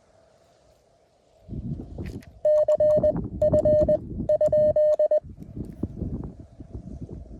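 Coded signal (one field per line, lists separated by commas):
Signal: Morse code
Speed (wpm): 20 wpm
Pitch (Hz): 610 Hz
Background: none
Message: C F ?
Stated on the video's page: CW POTA activation on a hike-in summit in the Wichita Mountains.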